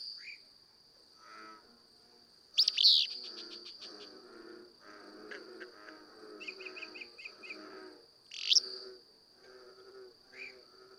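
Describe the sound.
Willow flycatcher giving two explosive buzzy phrases roughly six seconds apart over a busy background of other birds' chattering and twittering, plus a steady high whine.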